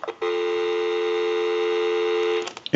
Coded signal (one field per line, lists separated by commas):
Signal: telephone call progress tone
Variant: North America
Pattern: dial tone